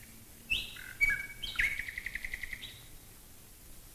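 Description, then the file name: Common nightingale gives a brief phrase of sharp whistled notes followed by a quick even series of pulsed notes, a low engine drone faintly beneath. Nightingales singing while bombers fly overhead, recorded in 1942. "nightingales and bombers 1942"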